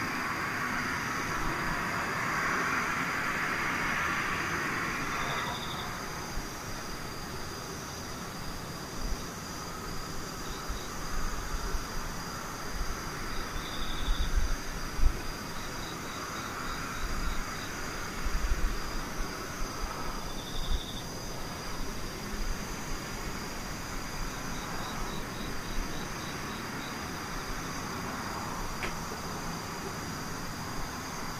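Insects sing steadily throughout, a thin high shrill drone with short chirping bursts around 6, 14, 17 and 21 seconds. A rushing hiss fills the first five seconds, and low rumbles and soft thumps come and go underneath.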